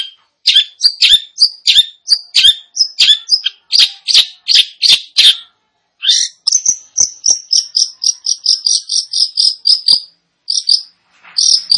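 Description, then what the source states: Long-tailed shrike singing a quick series of harsh, scratchy notes, then a long run of high, even, rapidly repeated piping notes, with short gaps between phrases. Indonesian name cendet; described as gacor, actively and vigorously singing.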